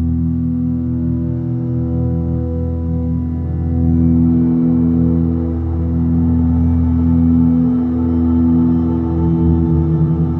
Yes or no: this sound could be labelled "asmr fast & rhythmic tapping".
no